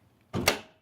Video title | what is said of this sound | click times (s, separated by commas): How to check and add oil to your vehicle DIY video - #diy #oil | you just pull this lever and you should hear it pop open | 0.5 s